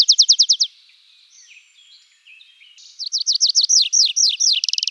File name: anthus trivialis